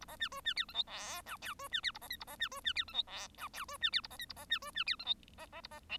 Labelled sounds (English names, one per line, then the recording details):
Bengalese Finch song
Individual Bird1